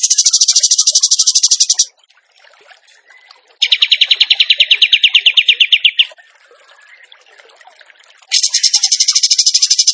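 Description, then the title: Bird song: three rapid rattling trills, the middle one lower in pitch, separated by quieter stretches of faint twittering. Masteran (training recording) in the tembakan gacor song style. "Masteran Burung Tembakan Gacor"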